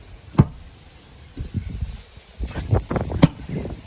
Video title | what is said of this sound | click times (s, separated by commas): BMW X3 Rear Seatbelt Buckle Replacement (2021 Model) - Step-by-Step DIY Guide | And it's clicked into place. | 3.2 s